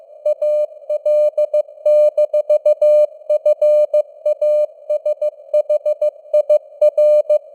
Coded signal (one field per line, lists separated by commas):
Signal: Morse code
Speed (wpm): 15 wpm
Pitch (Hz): 600 Hz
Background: none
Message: AL-FASHIR